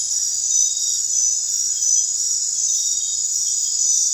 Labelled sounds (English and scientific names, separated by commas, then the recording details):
none
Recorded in dense forest near Puerto Asís, Putumayo, Colombia, on 16 December 2024 at 22:00
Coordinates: 0.468, -76.322
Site G071